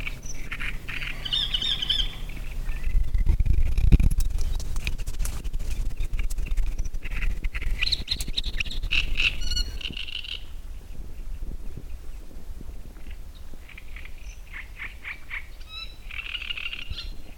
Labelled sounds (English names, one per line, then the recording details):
Great Reed Warbler
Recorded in the wild
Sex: male
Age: adult
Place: Müggelsee, Berlin, DE
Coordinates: 52.43, 13.64
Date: 1991-06-07 19:05
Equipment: Uher 4400 Report Monitor, Sennheiser ME 80, K 30 AV
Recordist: Fischer, Stefan
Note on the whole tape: Schilfbestand vor Bucht: beringter Vogel (links rot, rechts grün), wohl nicht verpaart - Gesang